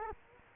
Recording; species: mosquito wingbeat signal from an infrared sensor; Culex quinquefasciatus